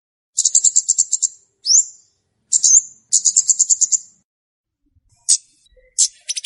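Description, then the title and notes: Flowerpecker song: a rapid, very high ticking trill, two sharp slurred notes, another fast trill, then scattered high chips. Lure song used for trapping birds; bird called Kemade or Cabe Cabean locally. "Kicau Pancing Burung Kemade ( Cabe Cabean). Suara Burung Cabe Cabean Pikat"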